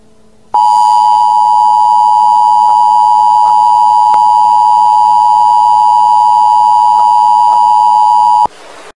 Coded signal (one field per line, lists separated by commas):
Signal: Emergency Alert System (SAME) tones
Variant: 853 and 960 Hz attention tone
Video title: EAS: Air Conditioner Alert